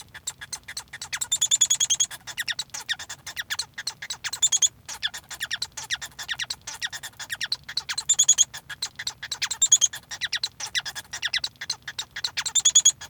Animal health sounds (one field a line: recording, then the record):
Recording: song of a male Bengalese finch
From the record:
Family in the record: son of father 1